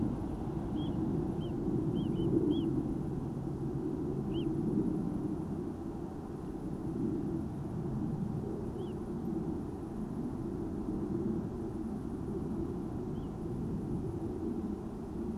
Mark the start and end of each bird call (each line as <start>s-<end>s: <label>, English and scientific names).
0.76s-0.96s: Little Ringed Plover (Charadrius dubius)
1.40s-1.51s: Little Ringed Plover (Charadrius dubius)
1.95s-2.66s: Little Ringed Plover (Charadrius dubius)
4.33s-4.45s: Little Ringed Plover (Charadrius dubius)
8.79s-8.93s: Little Ringed Plover (Charadrius dubius)
13.15s-13.30s: Little Ringed Plover (Charadrius dubius)